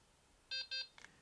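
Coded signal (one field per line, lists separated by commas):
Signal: beep code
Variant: Delkim receiver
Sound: two short high electronic beeps in quick succession, then a faint click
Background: quiet room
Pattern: 2 short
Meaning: Setup mode entered for changing the power indicator setting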